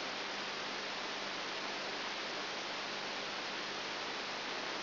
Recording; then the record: brain microelectrode recording played as sound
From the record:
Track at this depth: outside the subthalamic nucleus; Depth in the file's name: 0.506 mm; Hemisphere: left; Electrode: 3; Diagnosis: Parkinson's disease